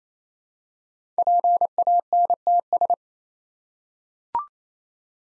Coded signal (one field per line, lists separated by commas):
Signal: Morse code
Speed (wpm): 27 wpm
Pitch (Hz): 700 Hz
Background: none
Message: PANTS